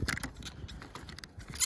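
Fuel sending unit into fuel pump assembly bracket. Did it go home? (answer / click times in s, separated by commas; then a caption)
yes / 1.2 s. A new fuel sending unit for a 1998–2002 Accord, lined up by its two tabs with the holes, is popped into the fuel pump assembly bracket and slid up until it locks. Short sharp clicks and scrapes sound near 0.1–0.2 s and 1.0 s, then a crisp click at 1.2 s as the unit locks into place, seated in the bracket.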